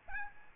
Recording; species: mosquito wingbeat signal from an infrared sensor; Aedes albopictus